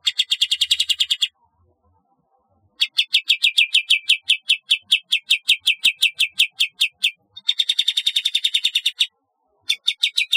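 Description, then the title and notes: Bulbul gives rapid, high chattering trills in four bursts, separated by short silent pauses, with evenly spaced notes. "Kicau Burung Kapas"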